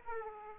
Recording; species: mosquito wingbeat signal from an infrared sensor; Aedes aegypti